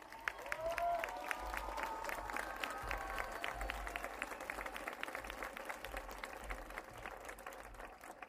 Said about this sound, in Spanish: Le demos un fuerte aplauso a la compañera.